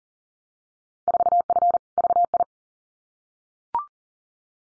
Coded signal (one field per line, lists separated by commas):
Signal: Morse code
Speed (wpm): 40 wpm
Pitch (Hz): 700 Hz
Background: none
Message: 4F VI